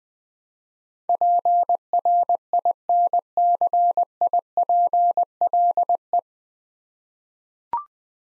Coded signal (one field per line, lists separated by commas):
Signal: Morse code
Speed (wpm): 20 wpm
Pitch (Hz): 700 Hz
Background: none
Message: PRINCIPLE